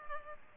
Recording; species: mosquito wingbeat signal from an infrared sensor; Culex pipiens